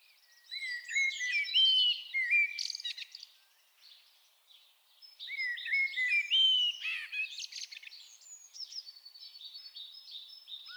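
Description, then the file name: Common blackbird song: two full warbled phrases, each a run of low fluted notes followed by a squeaky high twitter, separated by a brief pause. "Turdus merula"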